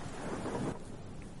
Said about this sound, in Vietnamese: Trời chẳng hiểu sao bắt đầu đổ mưa, sấm sét cứ đùng đùng đoàng đoàng.